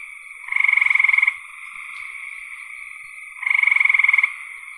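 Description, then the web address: Frog giving two loud, fast rattling trills, each lasting under a second and about three seconds apart, over steady softer trilling. "cn frogs"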